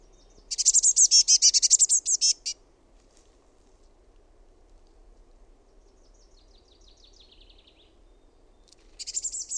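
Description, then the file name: Eurasian blue tit churring: a dense buzzy scolding rattle for two seconds, faint high thin notes later, and another churr beginning at the end. "SINITIAINEN"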